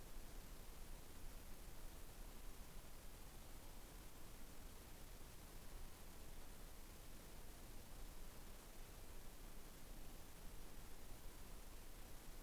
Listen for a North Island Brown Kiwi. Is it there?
no